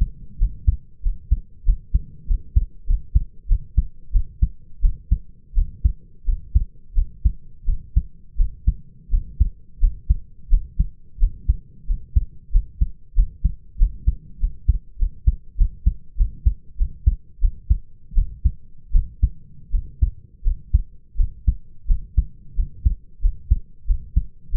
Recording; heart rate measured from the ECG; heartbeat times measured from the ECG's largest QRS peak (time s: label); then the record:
heart sounds by stethoscope; 90 bpm
0.38 s: heartbeat
1.02 s: heartbeat
1.65 s: heartbeat
2.27 s: heartbeat
2.86 s: heartbeat
3.48 s: heartbeat
4.12 s: heartbeat
4.81 s: heartbeat
5.54 s: heartbeat
6.25 s: heartbeat
6.94 s: heartbeat
7.66 s: heartbeat
8.37 s: heartbeat
9.10 s: heartbeat
9.80 s: heartbeat
10.50 s: heartbeat
11.19 s: heartbeat
11.87 s: heartbeat
12.52 s: heartbeat
13.15 s: heartbeat
13.78 s: heartbeat
14.40 s: heartbeat
14.98 s: heartbeat
15.57 s: heartbeat
16.17 s: heartbeat
16.78 s: heartbeat
17.41 s: heartbeat
18.15 s: heartbeat
18.92 s: heartbeat
19.71 s: heartbeat
20.44 s: heartbeat
21.17 s: heartbeat
21.87 s: heartbeat
22.56 s: heartbeat
23.21 s: heartbeat
23.87 s: heartbeat
24.51 s: heartbeat
From the record:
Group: healthy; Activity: cold pressor test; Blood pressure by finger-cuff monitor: 117/76 mmHg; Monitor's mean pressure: 90 mmHg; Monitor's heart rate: 87 bpm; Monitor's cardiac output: 6.2 L/min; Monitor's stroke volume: 70 mL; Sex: male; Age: 22 years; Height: 181 cm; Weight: 60 kg